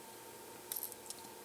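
A kit component or connector is pressed into the board of an Erica Synths EDU VCF eurorack filter module during a kit build. It makes a cluster of small, bright clicks, the first at 0.7 s and more following up to about 1.1 s. The part is only partly in and not fully seated, so it needs a harder push.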